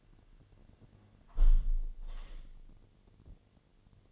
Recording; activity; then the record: daily activity, microphone in the room; close window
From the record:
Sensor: 4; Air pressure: 1007.3 hPa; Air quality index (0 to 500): 197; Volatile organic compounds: 7 ppm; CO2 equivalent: 1960 ppm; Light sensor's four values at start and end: 23/73/28/27 and 23/73/28/27